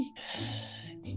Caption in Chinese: 我作为花粉症的患者，我过去从来没得过哮喘，但是那一天当我吸入了外面的空气，包含有这种 (4)pollen (4)花粉的这种空气的时候呢，我会感觉明显会呼吸不畅，我会有一些哮鸣音。 这样的声音叫哮鸣音。